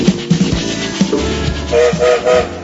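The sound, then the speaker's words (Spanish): A train rumbles and clanks into motion, then its whistle sounds three short, steady, mid-pitched blasts in quick succession over the low rolling noise of the wagons. “Escucharon el silbato, el tren ya está en marcha”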